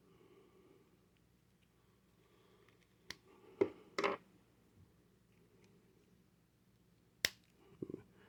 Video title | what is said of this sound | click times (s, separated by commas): Unboxing of The Masters of the Universe MasterVerse New Eternia Figure of Trap Jaw | but you can actually hear the snaps here which I like I like that I like to hear the snap | 3.1 s, 7.2 s